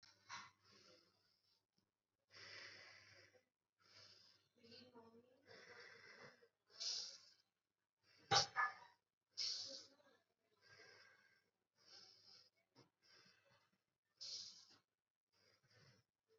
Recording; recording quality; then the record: deep breathing; excellent, no background noise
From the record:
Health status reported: exposed to COVID-19, no respiratory illness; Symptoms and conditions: none ticked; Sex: male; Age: 22 years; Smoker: not ticked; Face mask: not worn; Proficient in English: yes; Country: India